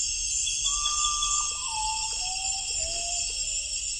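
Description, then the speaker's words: Common potoo singing: a mournful whistled series of long notes, each stepping lower in pitch, over a constant high buzz of insects. Responds to a whistled imitation of its song within its territory by repeating the cry, warning off intruders; heart of the Amazon, evening. "Most birds here are fiercely territorial, so when Cohn Haft whistles a song from within a common potu's territory, it responds by repeating the cry."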